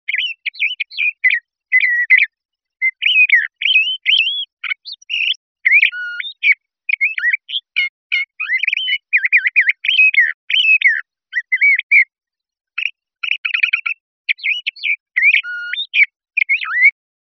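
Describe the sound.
LeConte's thrasher song: a long string of varied whistles, slurred notes and quick rattling chips, phrases separated by short pauses, against a silent background.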